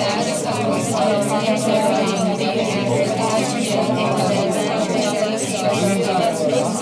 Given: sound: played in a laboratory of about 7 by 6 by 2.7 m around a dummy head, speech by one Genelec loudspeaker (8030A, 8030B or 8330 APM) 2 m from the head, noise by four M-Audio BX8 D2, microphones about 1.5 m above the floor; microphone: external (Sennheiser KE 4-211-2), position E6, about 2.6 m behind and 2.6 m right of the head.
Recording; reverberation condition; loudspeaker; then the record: babble noise; low; four, about 170 cm from the corners of the room and facing them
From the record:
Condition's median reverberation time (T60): about 310 ms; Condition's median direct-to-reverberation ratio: about 3.5 dB